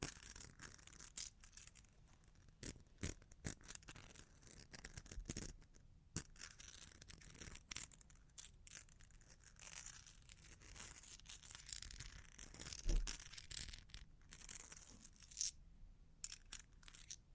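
Long claws tap and scratch in an irregular, busy pattern, with sharp clicks scattered throughout and bursts of rasping scrapes in between. A loud tap lands near 13 seconds, and the scratching stays dense and bright with few pauses.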